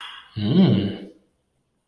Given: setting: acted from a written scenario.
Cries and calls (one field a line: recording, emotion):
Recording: vocal sound without words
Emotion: interest